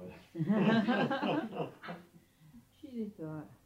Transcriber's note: laughs